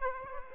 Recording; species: mosquito wingbeat signal from an infrared sensor; Aedes aegypti